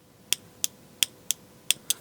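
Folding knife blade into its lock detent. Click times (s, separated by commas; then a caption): 0.3 s, 0.6 s, 1.0 s, 1.3 s, 1.7 s, 1.9 s. A folding pocket knife with a metal blade is repeatedly opened and closed, and the blade snaps into its firm lock detent each time. Six sharp, bright metallic clicks land at 0.3, 0.6, 1.0, 1.3, 1.7 and 1.9 seconds against a quiet background. Each click confirms the blade has seated in the detent.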